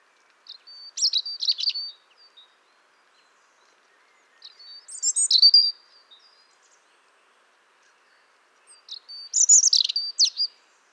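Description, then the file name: European robin singing three short high phrases about every four seconds, each a jumble of thin whistles and quick tinkling trills. "Erithacus rubecula"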